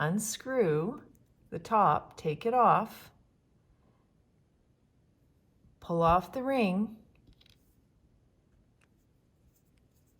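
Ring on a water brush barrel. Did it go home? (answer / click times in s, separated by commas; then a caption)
no / none. Someone talks while unscrewing the top of a plastic water brush barrel and pulling the ring off it before reassembly, followed by faint handling ticks around 7.2 to 8.8 s. The barrel has not been screwed back together yet, so nothing has seated or clicked.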